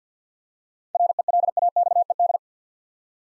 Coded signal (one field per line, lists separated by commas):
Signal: Morse code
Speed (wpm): 47 wpm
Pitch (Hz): 700 Hz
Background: none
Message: RELAXED